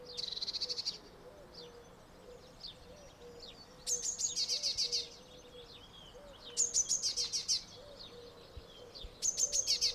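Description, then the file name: Eurasian blue tit churring in short, fast-pulsed scolding bursts, four bursts in ten seconds, over soft background twittering and a low continuous tone. "Cyanistes caeruleus"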